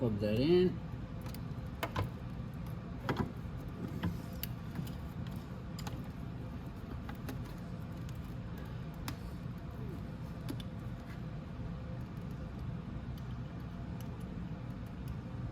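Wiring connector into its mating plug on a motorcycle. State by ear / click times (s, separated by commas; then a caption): not seated / none. A wiring connector is handled near its mating plug on a Venom x22GT 250cc automatic motorcycle during a radiator reinstall, while someone talks. Short sharp taps and rattles of handling sound over a low steady background. Nothing has seated or clicked yet.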